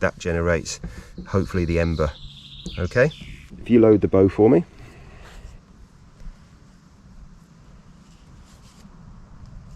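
Someone talks while a wooden spindle is being loaded into the bowstring of a bow drill's bow, twisted into the string, against a quiet outdoor background with faint insect-like noise. A soft brief sound is heard at about 6.2 s, but nothing has seated or snapped into place yet.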